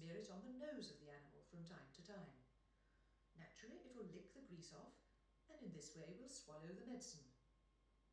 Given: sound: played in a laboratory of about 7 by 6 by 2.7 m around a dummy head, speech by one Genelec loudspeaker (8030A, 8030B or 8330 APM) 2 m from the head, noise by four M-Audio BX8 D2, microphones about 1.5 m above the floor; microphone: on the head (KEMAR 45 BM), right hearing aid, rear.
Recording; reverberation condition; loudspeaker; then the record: female speech in English; medium; 150 degrees to the left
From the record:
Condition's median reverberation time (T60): about 510 ms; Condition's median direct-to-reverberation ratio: about -0.5 dB